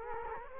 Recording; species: mosquito wingbeat signal from an infrared sensor; Culex quinquefasciatus